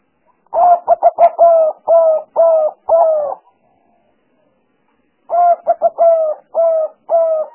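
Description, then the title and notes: Spotted dove cooing: rapid stuttered notes then sustained hooted coos, two bursts separated by a pause of about two seconds. Collection of the most effective spotted dove sounds used as a lure for trapping birds. "Pikat Burung Tekukur Paling Ampuh. Kumpulan suara burung tekukur paling ampuh"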